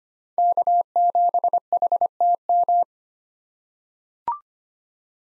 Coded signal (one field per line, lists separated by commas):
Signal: Morse code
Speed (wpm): 25 wpm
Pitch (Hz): 700 Hz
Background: none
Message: K7HTM